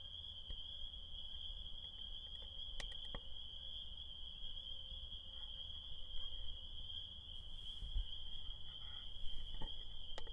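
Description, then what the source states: Spring peeper chorus, a steady high ringing of massed peeps, broken by a few sharp clicks and taps. Tiny frogs singing their desire on a spring night, heard on the way home from recording in Connecticut.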